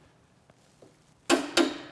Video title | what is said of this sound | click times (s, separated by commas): Check Rear Fork Spacer Bolt Torque | nice click it's torque | 1.3 s, 1.6 s